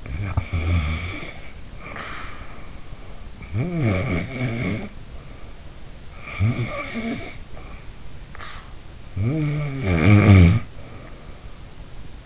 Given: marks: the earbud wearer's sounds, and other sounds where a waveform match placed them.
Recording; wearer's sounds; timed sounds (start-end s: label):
sounds in sleep by an in-ear microphone; snoring breath
0.00-3.39 s: snoring breath
3.43-6.26 s: snoring breath
6.34-8.99 s: snoring breath
9.07-12.25 s: snoring breath